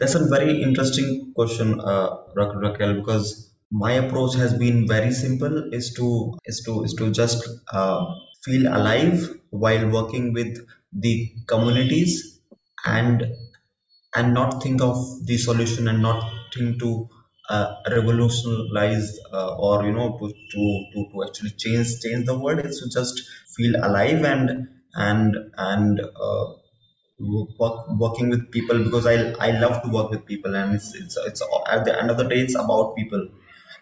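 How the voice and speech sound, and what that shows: Adult man who stammers, with stuttering since childhood, speaking with repeated words and syllables, prolonged sounds and pauses, consistent with stuttering.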